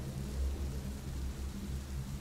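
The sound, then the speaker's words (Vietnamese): Heavy rain pours in a steady, dense hiss while a deep, low rumble of thunder rolls continuously beneath it, with no voices present. “Rồi cơn mưa đổ ập xuống như trút nước, cùng tiếng sấm sét đì đùng như báo hiệu một kiếp nạn cho một gia đình đang xảy ra.”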